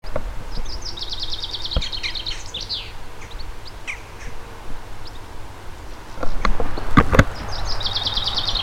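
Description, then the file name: Common chaffinch song: a high, rapid trill that drops in pitch and ends in a quick flourish, heard once in full and again cut off at the end, with a burst of low rumbling and clicks between the phrases. "Fringilla coelebs"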